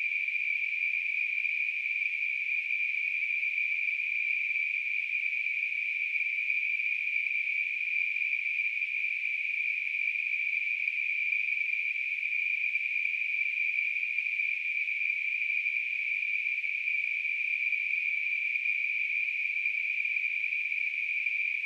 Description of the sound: Tinnitus.